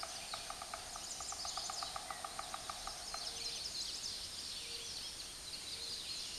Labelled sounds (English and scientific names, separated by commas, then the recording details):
Chestnut-sided Warbler (Setophaga pensylvanica) song
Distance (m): 25 m
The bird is about 10 m above the microphone
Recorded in a Pennsylvania forest on 16 May 2024 at 06:13
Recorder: AudioMoth, point MSD-0398
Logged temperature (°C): 16.4 °C
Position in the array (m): 160 m, 105 m